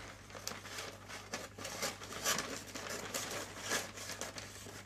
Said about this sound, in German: Also Papier wird auf jeden Fall geknickt und zerschnitten. Ja, das ist richtig. Das hast du gut. Es ist halt auf jeden Fall dünnes Papier. Es hört sich sehr fladderig an.